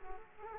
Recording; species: mosquito wingbeat signal from an infrared sensor; Culex quinquefasciatus